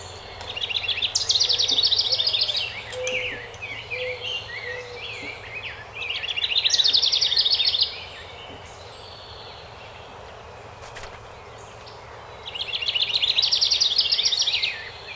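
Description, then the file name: House wren delivering three effervescent songs of fast trilled phrases, with softer chattering notes in between. Recorded on 12 May 2018. "2018-05-12 HOWR"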